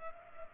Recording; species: mosquito wingbeat signal from an infrared sensor; Culex pipiens